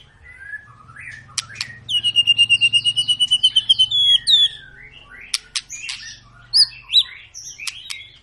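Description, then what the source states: White-rumped shama song with a long, fast, even series of repeated whistled notes lasting about three seconds, surrounded by sharp high notes and varied warbled phrases. Lure song intended to prompt white-rumped shamas to sing; 'gacor panjang' refers to long, continuous singing.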